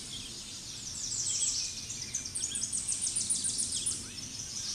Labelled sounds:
Tennessee Warbler (Leiothlypis peregrina) song

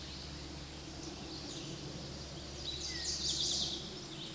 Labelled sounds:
Chestnut-sided Warbler (Setophaga pensylvanica) song

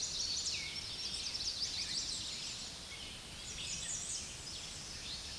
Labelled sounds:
American Redstart (Setophaga ruticilla) song

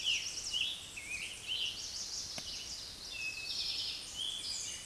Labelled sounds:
Eastern Towhee (Pipilo erythrophthalmus) song

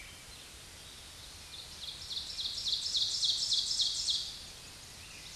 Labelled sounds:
Ovenbird (Seiurus aurocapilla) song

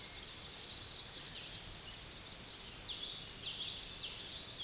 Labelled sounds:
Common Yellowthroat (Geothlypis trichas) song

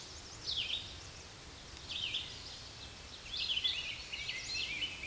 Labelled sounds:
Red-eyed Vireo (Vireo olivaceus) song

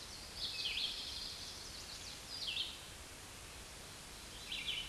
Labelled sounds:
Red-eyed Vireo (Vireo olivaceus) song

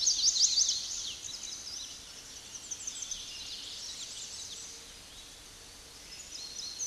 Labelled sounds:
American Redstart (Setophaga ruticilla) song

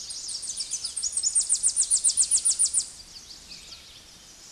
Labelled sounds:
Tennessee Warbler (Leiothlypis peregrina) song

